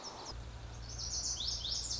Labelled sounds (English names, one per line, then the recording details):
Lazuli Bunting
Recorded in Sonoma County, California